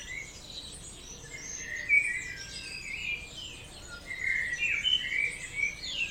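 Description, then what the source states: Birds singing together at dawn, a dense layer of high, quick warbles and trills with brighter phrases rising out of it now and then. Dawn chorus at 4 am in Oberhofen, Inntal, Austria; binaural recording made for headphones.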